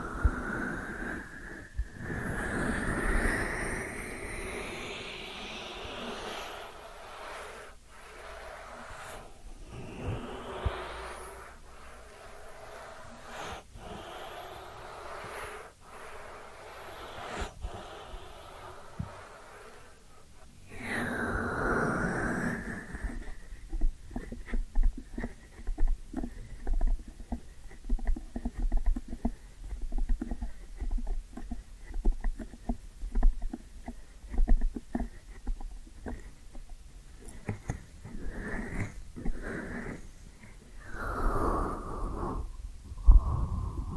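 Ear cleaning triggers: scratchy rubbing and brushing sounds fill the first twenty seconds, broken by sharp taps every few seconds. Around the twenty-second mark a sliding swipe leads into dense, fast crackling and rustling that keeps going to the end, with louder clicks scattered through it.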